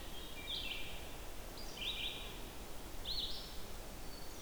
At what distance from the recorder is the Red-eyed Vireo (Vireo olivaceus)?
about 65 m